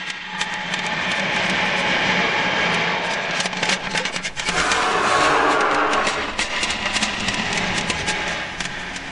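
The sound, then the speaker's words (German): A steady, droning roar of aircraft engines in the sky, heard from afar during an air-raid alert, a dense low rumble with a hissing wash on top that swells slightly midway and keeps going without pause. “Wenn der Voralarm kam, dann hörte man schon von Ferne das Rauschen, das Brummen der Motoren am Himmel.”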